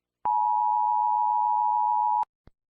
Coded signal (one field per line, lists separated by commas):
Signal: Emergency Alert System (SAME) tones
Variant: 853 and 960 Hz attention tone